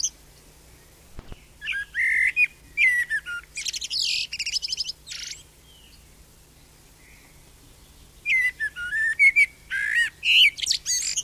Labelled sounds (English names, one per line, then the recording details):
Common Blackbird song
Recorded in the wild
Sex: male
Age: adult
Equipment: Überspiel, Halbspur, Uher Report 4000
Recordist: Tretzel, Erwin
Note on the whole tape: Diverse Amseln: Zusammenstellung "spezieller Gesangsmotive"